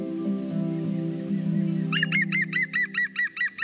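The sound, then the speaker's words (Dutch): A green woodpecker's laughing call as it flies out of a plot of young pines in the Beerschoten forest: a quick, evenly spaced series of about eight sharp, ringing notes that follow a low, sustained humming tone. “Maar wat vloog er vanmorgen uit een perceel jonge dennen? Zomaar een groene specht.”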